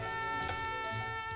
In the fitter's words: it really just sort of just snaps in place gives a little thumbnail action